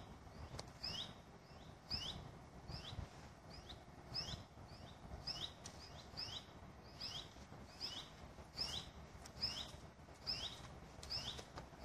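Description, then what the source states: Common buzzard young giving high, thin squealing calls, each a quick downward slur, often in pairs, repeated quickly over a low, steady background hiss. Juvenile common buzzard calling.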